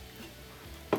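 A bottom spring clip is pushed up on a Roper direct-drive washer's drive motor until it snaps over the motor flange at 0.9 seconds, seating the clip that holds the motor to the gearcase. Before the snap there is only a low, steady background hum. The snap is a short, sharp click about 26 dB above that background.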